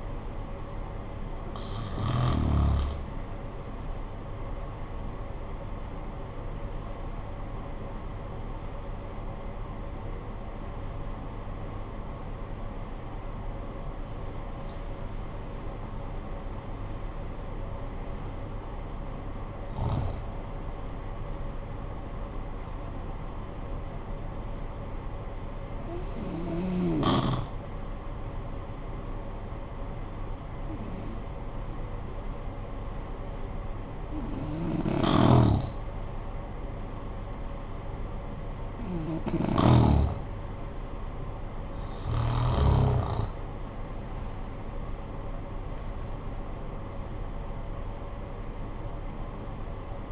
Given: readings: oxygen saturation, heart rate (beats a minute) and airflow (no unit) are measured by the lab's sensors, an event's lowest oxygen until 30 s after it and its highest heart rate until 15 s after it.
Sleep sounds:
breathing in sleep by a smartphone at the bedside; 2
3.00-13.70 s: hypopnea (N1, oxygen 94% highest, then 90% lowest, heart rate 53 at the start, 76 highest)
30.00-44.20 s: hypopnea (N1, oxygen 94% highest, then 91% lowest, heart rate 46 at the start, 68 highest)
From the record:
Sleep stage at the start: N1 (lightest sleep); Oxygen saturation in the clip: 90 to 96%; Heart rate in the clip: 44 to 76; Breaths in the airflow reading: 7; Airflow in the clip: -12.1 to 14.0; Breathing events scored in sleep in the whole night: 445 in 7.6 hours asleep

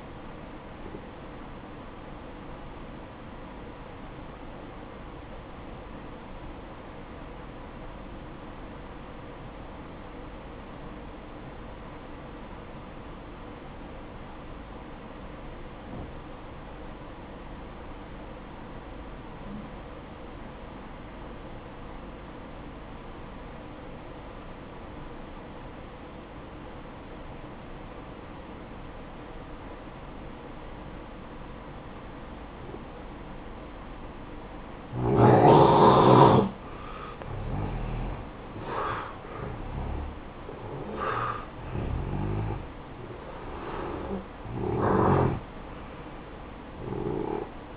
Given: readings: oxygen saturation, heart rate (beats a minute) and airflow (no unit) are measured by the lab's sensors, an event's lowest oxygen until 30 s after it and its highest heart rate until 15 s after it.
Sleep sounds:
breathing in sleep by a voice recorder at the bedside; 1
6.00-35.50 s: obstructive apnea (N1, oxygen 95% highest, then 86% lowest, heart rate 60 at the start, 65 highest)
From the record:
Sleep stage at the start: N1 (lightest sleep); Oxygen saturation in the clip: 88 to 95%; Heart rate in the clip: 55 to 71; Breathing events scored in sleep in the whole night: 573 in 9.8 hours asleep

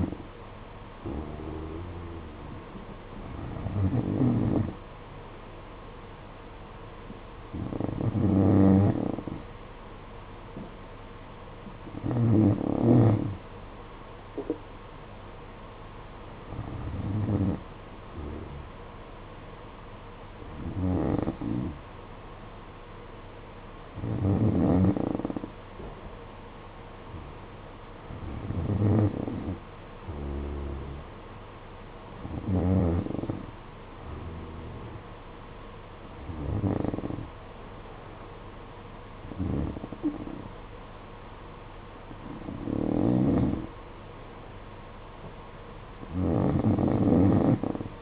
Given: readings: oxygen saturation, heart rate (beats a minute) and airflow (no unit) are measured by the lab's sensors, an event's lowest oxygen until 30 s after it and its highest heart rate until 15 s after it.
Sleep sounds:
breathing in sleep by a voice recorder at the bedside; none
none scored
From the record:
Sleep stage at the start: N2 (light sleep); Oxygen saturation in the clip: 92 to 93%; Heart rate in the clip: 51 to 58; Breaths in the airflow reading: 13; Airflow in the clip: -9.8 to 6.6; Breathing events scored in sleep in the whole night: 476 in 9.7 hours asleep

